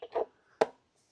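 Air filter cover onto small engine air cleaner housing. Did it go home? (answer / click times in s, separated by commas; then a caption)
yes / 0.6 s. A plastic air filter cover is lined up by its bulge and pressed onto the air cleaner housing of a Husqvarna pressure washer's small engine, with soft handling noises at about 0.0 s and 0.2 s. A sharp click at 0.6 s marks the cover locking into place on the housing.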